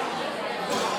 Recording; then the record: coughing mixed with background sound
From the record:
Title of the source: Cough Around the Clock!